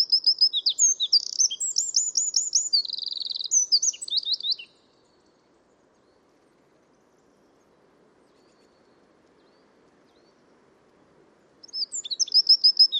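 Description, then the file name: Eurasian wren song: a fast, high-pitched burst of chattering notes and a dry trill for about five seconds, then a long quiet gap before another song begins. "Troglodytes troglodytes"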